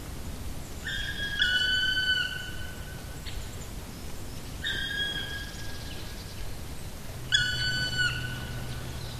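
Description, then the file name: Black woodpecker calling three times with long, clear, level ringing notes, spaced a few seconds apart, over background noise. "patrick franke-schwarzspecht-black woodpecker-dryocopus martius"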